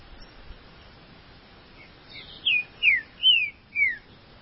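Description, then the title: Green-winged saltator singing a phrase of four rich whistles, each slurring downward, delivered at an even pace after a quiet opening with soft hiss. "Trinca Ferro"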